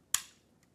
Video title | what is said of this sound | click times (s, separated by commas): E7900 - Installing a Lock - Mortise | You hear the snap when it goes in. | 0.2 s